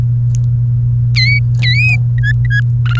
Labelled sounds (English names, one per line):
Domestic Canary song